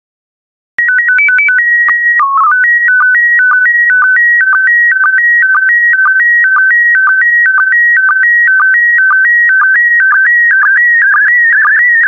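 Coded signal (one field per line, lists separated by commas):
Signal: SSTV (slow-scan television)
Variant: PD 120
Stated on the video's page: PD120 mode SSTV images generated for decoding practice, using stock photos, with synthesized audio prompts.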